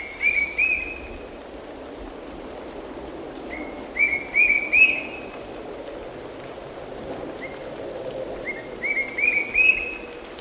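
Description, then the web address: Bright-rumped attila giving short bursts of a few upslurred whistled notes, repeated every few seconds, over a constant background hum of insects. Eastern Lowlands of South America. "Natures Songs S America Eastern Lowlands. Bright-rumped Attila"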